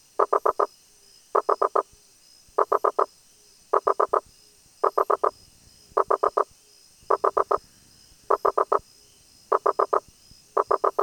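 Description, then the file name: Rosenberg's gladiator frog repeating clusters of four fast, resonant knocks at a steady pace, against a faint background hiss. "Boana rosenbergi"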